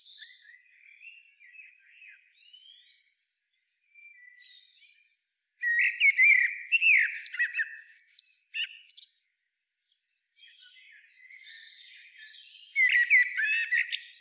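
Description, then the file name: Common blackbird song: soft twittering first, then a loud mellow fluted phrase with squeaky end, more faint chirping, and another phrase late on. "Turdus merula"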